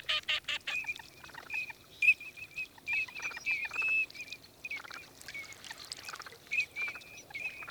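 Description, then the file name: Eurasian teal: clipped high whistles repeated rapidly, with a few rough, louder quack-like bursts at the start. 14 October 2006. "sarcelle d hiver 141006"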